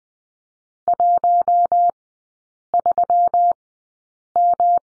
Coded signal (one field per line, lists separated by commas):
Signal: Morse code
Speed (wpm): 20 wpm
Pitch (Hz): 700 Hz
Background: none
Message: 13M